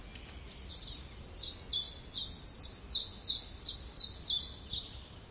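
Bird giving a steady run of bright, high chirps, each dropping quickly in pitch, about three per second over soft background hiss.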